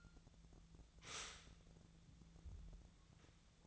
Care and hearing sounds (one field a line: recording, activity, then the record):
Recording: daily activity, microphone in the room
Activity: stop toaster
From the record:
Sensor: 3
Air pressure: 1000.3 hPa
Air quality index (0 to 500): 154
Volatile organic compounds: 3 ppm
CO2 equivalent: 1362 ppm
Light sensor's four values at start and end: 37/95/40/43 and 37/95/40/43